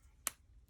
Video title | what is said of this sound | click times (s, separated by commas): Starfish Designs Wristlet Straps - Wrapped Version | did you hear that but that's not solid so we still need to go ahead and crimp it so | 0.3 s